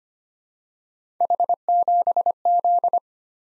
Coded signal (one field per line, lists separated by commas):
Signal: Morse code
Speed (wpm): 25 wpm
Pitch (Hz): 700 Hz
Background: none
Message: H7Z